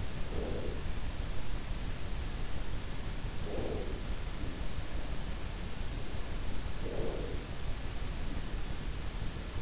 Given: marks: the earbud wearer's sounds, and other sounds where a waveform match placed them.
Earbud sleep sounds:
sounds in sleep by an in-ear microphone; breath
0.00-1.20 s: breath
3.18-4.44 s: breath
6.48-7.96 s: breath

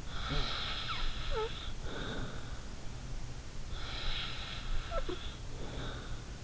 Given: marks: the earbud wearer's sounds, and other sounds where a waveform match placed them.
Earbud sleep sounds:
sounds in sleep by an in-ear microphone; snoring breath
0.11-2.54 s: snoring breath
3.78-6.26 s: snoring breath

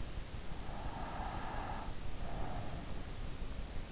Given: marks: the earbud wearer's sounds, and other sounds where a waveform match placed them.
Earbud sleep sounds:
sounds in sleep by an in-ear microphone; breath
0.97-3.20 s: breath

